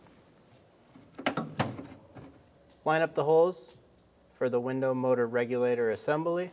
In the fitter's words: push until you hear a click